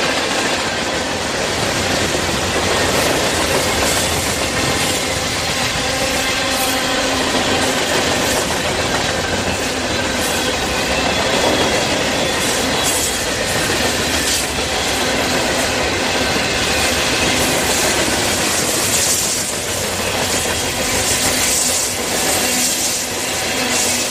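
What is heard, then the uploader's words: A train runs on its tracks in a steady, dense rumble that holds level for the whole stretch. Faint clickety-clack and metallic squeals ride on top, with brighter bursts of screech near the middle and again toward the end. Train On Tracks.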